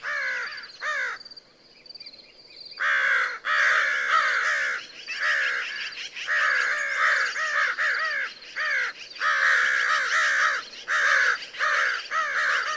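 American crow giving harsh repeated caws in quick bursts, several birds overlapping, with a steady high tone in the background during the first few seconds.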